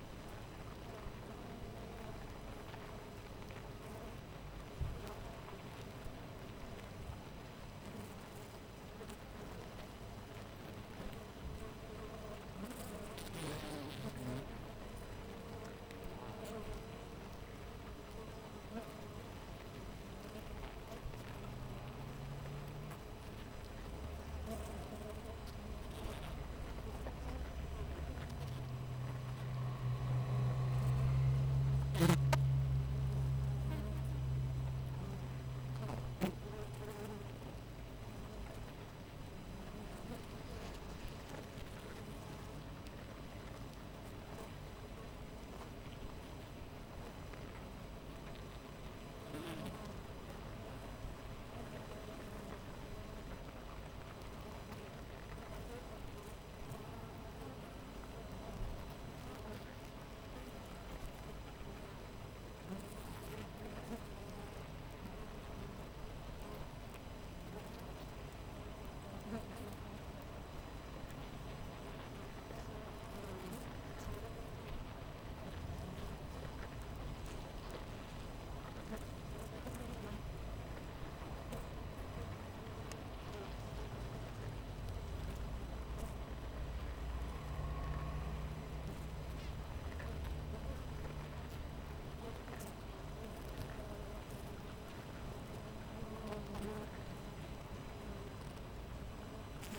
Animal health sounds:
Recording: honeybee colony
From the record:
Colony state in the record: missing queen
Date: 14 July 2017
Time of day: 6:44

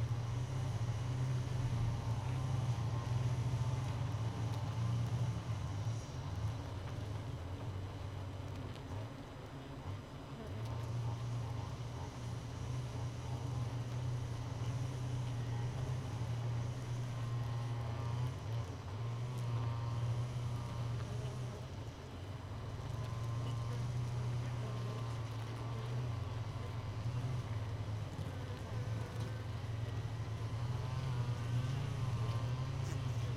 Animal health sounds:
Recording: honeybee colony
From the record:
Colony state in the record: missing queen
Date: 31 May 2018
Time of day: 4:57

